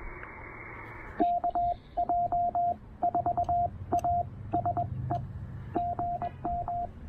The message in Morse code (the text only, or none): KJ4ASE GM